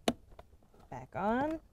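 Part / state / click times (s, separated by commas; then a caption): cabin air filter cover tabs into the filter housing / not seated / none. The plastic cabin air filter cover of a Mercedes GLS 450 is handled as it is pressed back toward the filter housing, and its tabs are meant to click into place. A sharp tap sounds at 0.1 s and a fainter one at 0.4 s, then someone talks. Nothing has seated or clicked yet.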